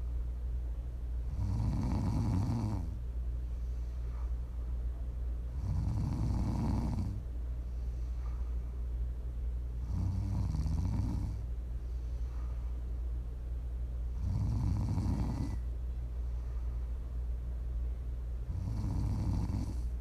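ASMR snoring: five rough, low rattling snores at a steady pace of about 14 a minute, with quiet breaths between.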